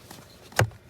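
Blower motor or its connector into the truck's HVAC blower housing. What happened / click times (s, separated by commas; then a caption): The blower part snapped into place / 0.6 s. While a replacement blower motor is installed in a 2011 Silverado, a part of the blower motor or its connector is pushed home into the truck's HVAC blower housing. After a faint tap near 0.1 s and quiet background, a single soft, sharp snap lands at 0.6 s with a low thud under it, and the part is seated in place.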